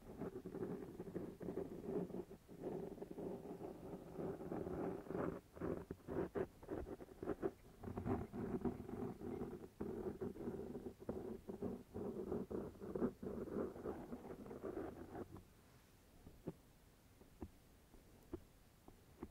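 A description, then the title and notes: Mouth sounds and scratching: a dense, low rumbling scrape runs through the first fifteen seconds, studded with quick clicks and smacks at irregular moments. Around fifteen seconds the rumble drops away, leaving a quieter stretch with sparse, sharp clicks. Mouth Sounds Kiss Sounds Scratching.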